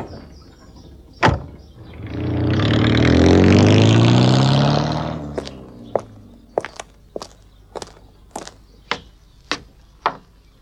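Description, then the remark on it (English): At Totley Towers, a car door slams once, then an engine revs and rumbles as the car is taken around, fading out. A steady series of crisp footsteps follows, with no one speaking. “Will you take the car around?”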